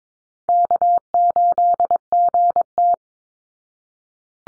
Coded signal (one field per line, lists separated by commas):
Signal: Morse code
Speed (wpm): 22 wpm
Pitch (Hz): 700 Hz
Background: none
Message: K8GT